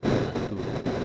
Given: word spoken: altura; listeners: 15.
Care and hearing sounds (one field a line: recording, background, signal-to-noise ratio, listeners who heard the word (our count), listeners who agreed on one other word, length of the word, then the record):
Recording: one Spanish word in noise, from a listening test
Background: noise modulated by three-talker babble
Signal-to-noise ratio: -7.9 dB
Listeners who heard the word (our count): 0 of 15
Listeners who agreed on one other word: 8 of 15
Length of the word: 0.64 s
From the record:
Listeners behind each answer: 8, 1, 1, 1, 1, 1, 1, 1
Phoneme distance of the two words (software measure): 17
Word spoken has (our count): 3 syllables, 6 phonemes, stress on syllable 2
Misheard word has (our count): 3 syllables, 7 phonemes, stress on syllable 2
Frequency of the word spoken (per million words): 82.49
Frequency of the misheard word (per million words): 12.32